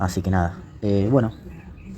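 While rebuilding the PCV valve of an Audi A3 Sportback FSI 2.0 engine, which is showing white smoke and unstable running, the rubber diaphragm is being handled and pressed toward its seat in the plastic valve housing. Someone talks throughout, with no distinct click heard. Nothing has seated or clicked yet.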